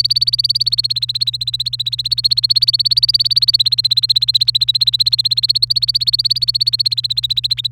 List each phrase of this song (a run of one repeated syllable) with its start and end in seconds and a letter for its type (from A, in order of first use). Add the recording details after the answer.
0.00-7.67 A. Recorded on 29 April 2018 at 05:52. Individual llb3